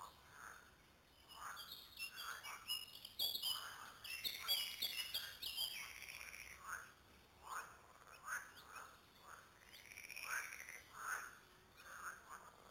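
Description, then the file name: Frogs giving short rasping croaks in a loose repeated series, while a bird sings high twittering phrases over them. Several frogs recorded at Lüssow. "luessow froesche"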